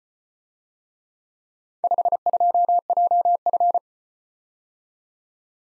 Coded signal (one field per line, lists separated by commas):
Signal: Morse code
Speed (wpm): 34 wpm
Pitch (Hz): 700 Hz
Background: none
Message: 52JF